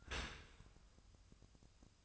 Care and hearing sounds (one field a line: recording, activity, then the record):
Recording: daily activity, microphone in the room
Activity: open dishwasher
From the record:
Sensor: 2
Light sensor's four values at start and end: 6/15/6/6 and 6/15/6/6